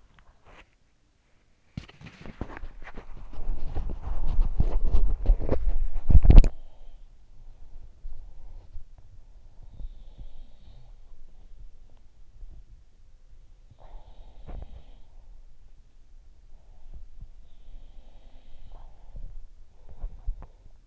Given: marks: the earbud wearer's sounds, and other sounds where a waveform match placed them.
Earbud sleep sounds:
sounds in sleep by an in-ear microphone; teeth grinding, body movement, breath
0.00-0.40 s: teeth grinding
0.26-6.93 s: body movement
7.09-9.19 s: breath
8.78-20.87 s: body movement
9.42-11.80 s: sound from someone else or the room
13.47-15.75 s: sound from someone else or the room
17.26-19.63 s: sound from someone else or the room

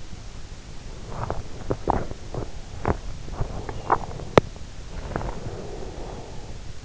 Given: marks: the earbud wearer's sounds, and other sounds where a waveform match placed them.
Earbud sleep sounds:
sounds in sleep by an in-ear microphone; swallowing, breath
1.11-5.34 s: swallowing
5.11-6.58 s: breath

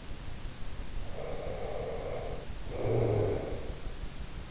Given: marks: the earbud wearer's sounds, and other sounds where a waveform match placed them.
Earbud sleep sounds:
sounds in sleep by an in-ear microphone; snoring breath
0.95-3.80 s: snoring breath

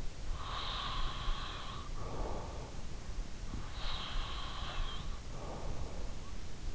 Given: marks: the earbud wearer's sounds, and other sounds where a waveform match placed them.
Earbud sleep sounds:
sounds in sleep by an in-ear microphone; breath
0.39-3.08 s: breath
3.31-5.77 s: breath

